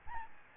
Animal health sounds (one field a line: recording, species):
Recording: mosquito wingbeat signal from an infrared sensor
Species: Aedes albopictus